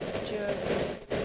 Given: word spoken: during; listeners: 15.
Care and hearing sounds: one English word in noise, from a listening test; noise modulated by three-talker babble; -5.1 dB; 3 of 15; 7 of 15; 0.86 s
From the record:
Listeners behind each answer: 7, 3, 2, 1, 1, 1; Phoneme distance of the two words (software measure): 34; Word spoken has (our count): 2 syllables, 6 phonemes, stress on syllable 1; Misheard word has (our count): 2 syllables, 4 phonemes, stress on syllable 1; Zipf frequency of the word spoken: 5.18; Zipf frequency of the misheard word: 4.17

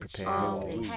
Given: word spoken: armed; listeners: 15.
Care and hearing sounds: one English word in noise, from a listening test; four-talker babble; 0.2 dB; 0 of 15; 9 of 15; 0.57 s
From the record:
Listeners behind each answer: 9, 3, 1, 1, 1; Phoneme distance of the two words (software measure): 7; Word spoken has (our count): 1 syllable, 3 phonemes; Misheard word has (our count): 1 syllable, 2 phonemes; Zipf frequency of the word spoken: 4.53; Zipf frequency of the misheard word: 4.70

